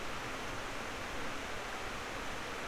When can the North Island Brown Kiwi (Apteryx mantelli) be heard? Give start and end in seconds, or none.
none